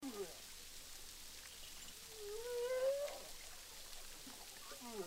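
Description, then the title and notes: Humpback whale song: a faint rising moan midway with brief swooping notes at either end, partly buried in dense crackling background noise. Several humpback whales recorded underwater with a hydrophone at Boucan Canot, Réunion Island, during filming. "humpback whales, boucan canot, ile de la reunion. enregistré avec un hydrophone"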